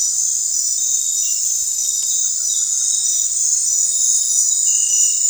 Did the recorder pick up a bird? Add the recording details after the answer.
no. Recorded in dense forest near Puerto Asís, Putumayo, Colombia, on 16 December 2024 at 20:30. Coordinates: 0.468, -76.322. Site G071